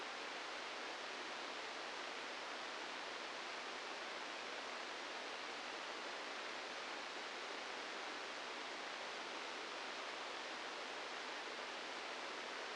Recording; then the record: brain microelectrode recording played as sound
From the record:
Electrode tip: outside the subthalamic nucleus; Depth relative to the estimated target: 1 mm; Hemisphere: left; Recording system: NeuroSet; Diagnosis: Parkinson's disease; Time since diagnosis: 15 years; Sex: female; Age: 59 years